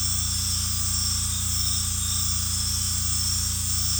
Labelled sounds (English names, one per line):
none